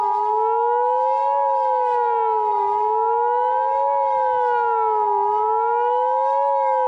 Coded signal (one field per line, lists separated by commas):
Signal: Emergency Alert System (SAME) tones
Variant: 853 and 960 Hz attention tone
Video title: EAS Scenario - The Large Tornado Alley